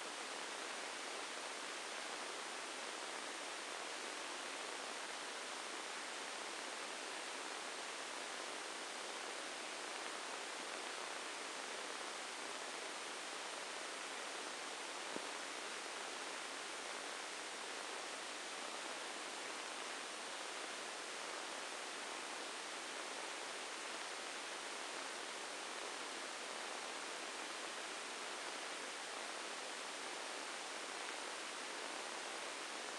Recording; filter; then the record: brain microelectrode recording played as sound; spike band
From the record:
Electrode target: subthalamic nucleus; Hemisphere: right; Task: reaching with the left hand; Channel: 1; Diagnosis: Parkinson's disease